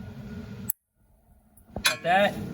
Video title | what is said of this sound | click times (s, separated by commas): 2018 (and others) Hyundai Sonata Electric Emergency Brake Piston Retraction | is put your screwdriver in there, listen for the click. | 0.7 s